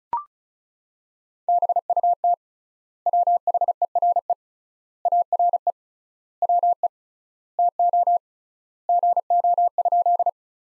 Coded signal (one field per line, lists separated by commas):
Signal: Morse code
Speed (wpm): 36 wpm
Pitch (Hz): 700 Hz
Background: none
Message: BUT WHERE ARE WE TO GO?